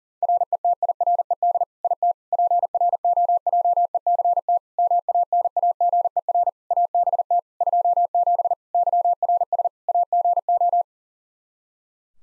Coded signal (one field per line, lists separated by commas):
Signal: Morse code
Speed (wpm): 40 wpm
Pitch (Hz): 700 Hz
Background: none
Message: RETIRED IT PROJECT MANAGER ABT 27 YRS AGO